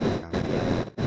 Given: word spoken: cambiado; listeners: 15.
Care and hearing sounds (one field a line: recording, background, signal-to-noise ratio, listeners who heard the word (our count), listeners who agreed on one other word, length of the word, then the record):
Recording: one Spanish word in noise, from a listening test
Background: noise modulated by one talker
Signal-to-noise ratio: -10.1 dB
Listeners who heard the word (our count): 0 of 15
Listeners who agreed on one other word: 7 of 15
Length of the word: 0.67 s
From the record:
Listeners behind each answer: 7, 1, 1, 1, 1, 1, 1, 1, 1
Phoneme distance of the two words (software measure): 17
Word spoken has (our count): 3 syllables, 8 phonemes, stress on syllable 2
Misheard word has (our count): 2 syllables, 7 phonemes, stress on syllable 2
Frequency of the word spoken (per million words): 39.04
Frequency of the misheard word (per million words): 76.32